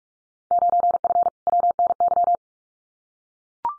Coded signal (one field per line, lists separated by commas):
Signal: Morse code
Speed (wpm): 44 wpm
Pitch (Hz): 700 Hz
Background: none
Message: 9F WNY